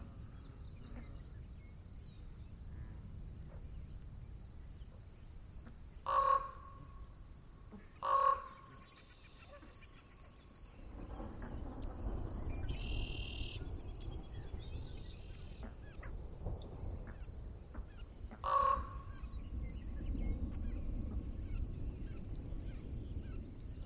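An outdoor night scene with a steady, thin, high insect whine running throughout over a low background rumble that thickens after about eleven seconds. Three loud, sharp calls with a short ringing tone, likely a frog, stand out near 6, 8 and 18 seconds.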